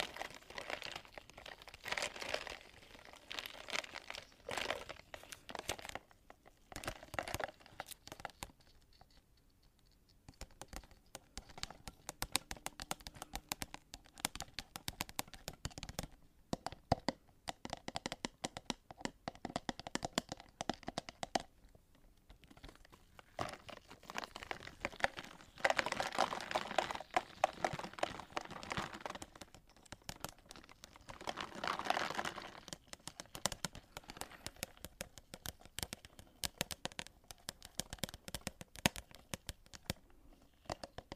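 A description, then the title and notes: Dense, irregular tapping and rubbing on a microphone, crackly, with brief pauses near ten and twenty-two seconds. Mic tapping. Blue yeti microphone.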